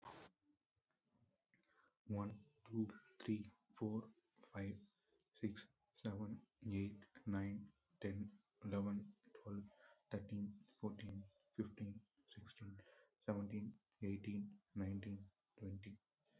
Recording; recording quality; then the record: counting at a normal pace; excellent, no background noise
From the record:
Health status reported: COVID-19 positive, mild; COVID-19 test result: positive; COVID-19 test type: RT-PCR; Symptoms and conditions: cough, cold, sore throat, fatigue, muscle pain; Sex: male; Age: 26 years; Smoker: no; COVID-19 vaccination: both doses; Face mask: not worn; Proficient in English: yes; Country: India